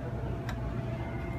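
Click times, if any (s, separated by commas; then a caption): 0.5 s. A metal key is pushed into the slot of a key machine until it seats with a single short click at 0.5 s. Steady low-frequency background noise continues throughout.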